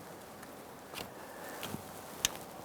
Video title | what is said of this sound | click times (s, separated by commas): How to Replace Electric Fuel Pump 1999-2004 Jeep Grand Cherokee | there it is just clicked in place push that lock on over | 2.2 s